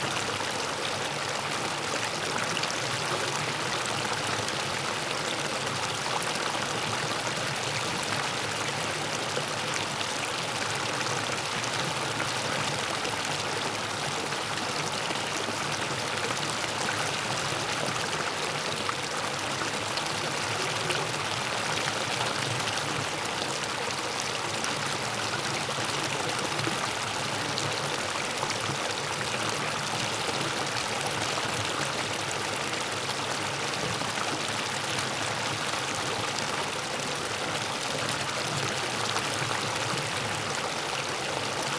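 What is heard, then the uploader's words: A creek cascades steadily over rocks, its rushing flow filling the whole range from a soft low rumble to a bright, hissing splash. The sound stays dense and even from start to finish, continuous, with small ripples and trickles running through it. Cascading Creek - Flowing Water.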